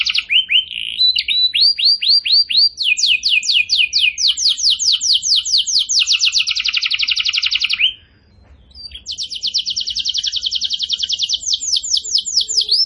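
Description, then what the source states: Bird song of whistled downslurred notes that speed into a long, high, fast-pulsed buzzy trill, pause briefly, then trill again. Master recording for training cage birds; lively (gacor) singer in the tembakan style.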